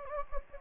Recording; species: mosquito wingbeat signal from an infrared sensor; Anopheles gambiae